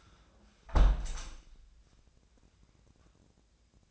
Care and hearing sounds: daily activity, microphone in the room; close window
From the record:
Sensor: 2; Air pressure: 1012.2 hPa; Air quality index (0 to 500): 125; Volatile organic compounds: 1 ppm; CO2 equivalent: 926 ppm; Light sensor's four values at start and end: 137/330/137/141 and 136/328/136/139

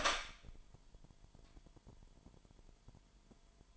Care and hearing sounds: daily activity, microphone in the room; open door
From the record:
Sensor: 5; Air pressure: 998.5 hPa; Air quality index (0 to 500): 82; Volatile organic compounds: 1 ppm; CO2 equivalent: 932 ppm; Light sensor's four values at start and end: 34/83/34/38 and 34/83/34/38

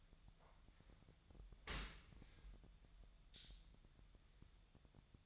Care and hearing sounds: daily activity, microphone in the room; open dishwasher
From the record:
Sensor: 3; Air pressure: 1006.8 hPa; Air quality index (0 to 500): 206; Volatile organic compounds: 18 ppm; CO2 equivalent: 2629 ppm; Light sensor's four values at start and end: 10/25/10/10 and 10/25/10/10

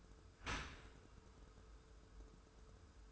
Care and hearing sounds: daily activity, microphone in the room; open dishwasher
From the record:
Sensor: 2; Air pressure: 1014.9 hPa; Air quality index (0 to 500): 26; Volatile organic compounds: 1 ppm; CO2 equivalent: 505 ppm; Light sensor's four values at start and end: 10/23/10/10 and 10/23/10/10

